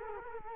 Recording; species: mosquito wingbeat signal from an infrared sensor; Culex quinquefasciatus